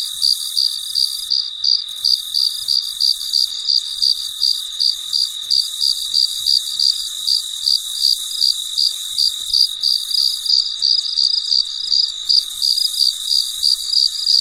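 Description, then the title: Cricket chirping in quick, steady pulses about three per second, high-pitched and continuous, over a faint constant insect hum. Recorded late at night; very quiet surroundings. "深夜录制蟋蟀昆虫声"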